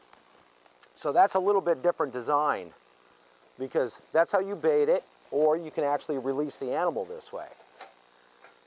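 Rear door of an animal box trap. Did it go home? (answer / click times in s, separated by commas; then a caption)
yes / 7.8 s, 8.4 s. Someone talks while the rear door of a Professional Series metal wire box trap for animals is closed. It snaps and locks into place with sharp ticks at 7.8 s and 8.4 s.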